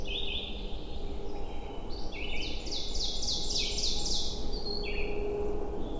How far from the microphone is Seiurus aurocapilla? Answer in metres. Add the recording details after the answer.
about 30 m. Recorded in boreal forest in Alberta, Canada, on 22 June 2016 at 05:37. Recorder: SongMeter 3, array SBT-6-76. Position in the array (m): 150 m, 110 m. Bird 3